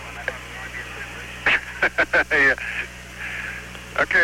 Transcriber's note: laughter